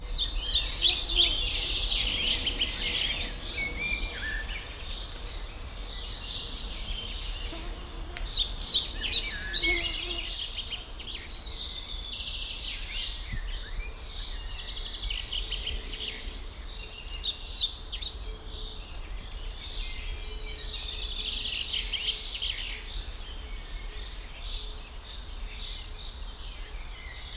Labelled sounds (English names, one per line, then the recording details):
European Pied Flycatcher
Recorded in the wild
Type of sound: song, call, call sequence
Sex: male
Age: adult
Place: Bucher Wald, Berlin, DE
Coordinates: 52.65, 13.48
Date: 1995-06-05 12:36
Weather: sonnig, 18°C
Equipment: Sony WM-D6C, Sennheiser ME 80, Kopie Uher 4000 Report Monitor
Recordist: Tembrock, Günter
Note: Gesang